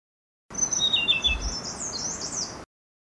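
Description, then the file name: Blue-throated blue flycatcher song: clear descending whistles followed by an extended high twittering run, with a soft low thump partway through. "kicau sikatan blue throated. omkicau"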